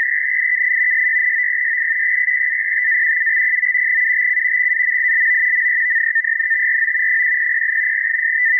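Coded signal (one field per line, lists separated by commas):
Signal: NAVTEX (SITOR-B)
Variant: 100 baud SITOR-B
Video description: Several warnings reported: Gunnery exercises and Aircraft firing exercises. 4209.5 kHz RTTY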